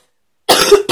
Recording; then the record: coughing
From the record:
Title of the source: 30 Chesty and wet cough